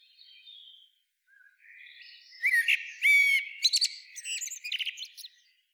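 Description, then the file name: Common blackbird starting with soft, quiet notes, then a louder phrase of clear whistled notes mixed with squeaky, buzzy high twittering. "Turdus merula"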